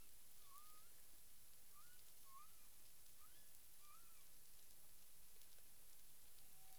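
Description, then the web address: Humpback whale song units: several faint short arched and upswept moans, set against steady underwater hiss. Humpback whale, 9 April 2002 at 18:18:53 UTC. "humpback whale 20020409 181853 UTC"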